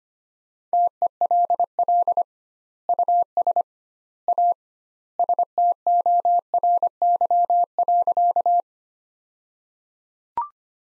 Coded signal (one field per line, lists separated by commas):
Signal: Morse code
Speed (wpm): 25 wpm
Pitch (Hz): 700 Hz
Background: none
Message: TELL US A STORY.